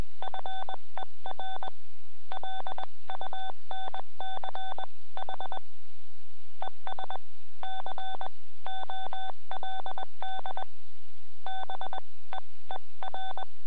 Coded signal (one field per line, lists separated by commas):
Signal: Morse code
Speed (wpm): 21 wpm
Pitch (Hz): 3500 Hz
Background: none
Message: FER LUNCH ES COLD BEER